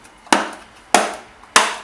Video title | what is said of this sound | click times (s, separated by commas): Cluster block off | push those in you can hear them all snap into place | 0.3 s, 0.9 s, 1.6 s